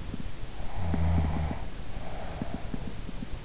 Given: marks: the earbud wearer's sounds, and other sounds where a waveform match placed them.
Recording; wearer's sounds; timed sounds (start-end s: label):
sounds in sleep by an in-ear microphone; snoring breath
0.52-3.00 s: snoring breath